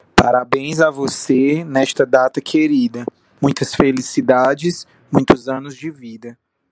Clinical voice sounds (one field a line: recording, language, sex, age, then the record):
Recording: short text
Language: Brazilian Portuguese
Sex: male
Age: 20 to 29 years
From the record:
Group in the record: control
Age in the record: 27 years